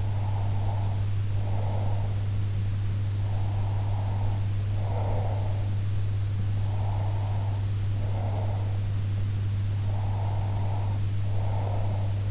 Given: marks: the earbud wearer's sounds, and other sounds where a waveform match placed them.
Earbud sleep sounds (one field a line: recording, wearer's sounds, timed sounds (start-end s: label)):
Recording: sounds in sleep by an in-ear microphone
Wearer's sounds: breath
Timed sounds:
0.00-2.20 s: breath
3.20-5.71 s: breath
6.68-8.86 s: breath
9.83-12.31 s: breath